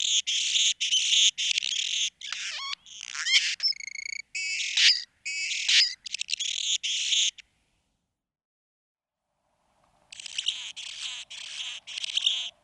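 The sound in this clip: Anna's hummingbird song: dry, buzzy and scratchy high phrases in quick bursts, a silent pause of about two and a half seconds, then more rasping buzzy notes.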